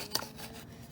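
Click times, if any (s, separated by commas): 0.1 s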